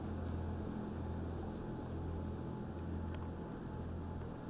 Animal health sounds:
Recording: poultry house recording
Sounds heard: no chicken sound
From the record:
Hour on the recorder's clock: 16

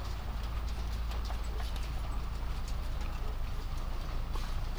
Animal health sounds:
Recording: poultry house recording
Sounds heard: sick chickens (respiratory disease)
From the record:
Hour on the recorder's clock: 1

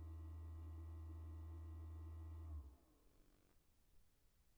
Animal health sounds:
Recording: poultry house recording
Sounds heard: no chicken sound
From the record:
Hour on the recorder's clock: 1

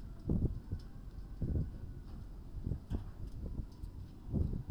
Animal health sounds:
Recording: poultry house recording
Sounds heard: no chicken sound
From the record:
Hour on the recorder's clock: 22

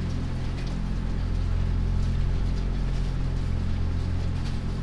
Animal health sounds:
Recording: poultry house recording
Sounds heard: no chicken sound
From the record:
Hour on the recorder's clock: 23

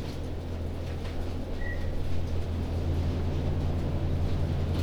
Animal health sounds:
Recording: poultry house recording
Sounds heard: no chicken sound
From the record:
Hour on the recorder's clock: 23

